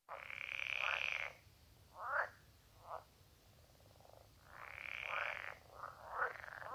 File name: Pelophylax kl esculentus